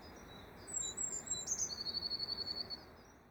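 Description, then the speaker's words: Blue tit song: a few thin, very high whistled notes, then a slightly lower, rapid whistly trill of quick repeated notes over faint steady background hiss. Classic song motif: three high-pitched notes followed by a slightly lower-pitched, whistly trill of quickly repeated sounds. "Okay, this is what I'd think of as classic Blue Tit song."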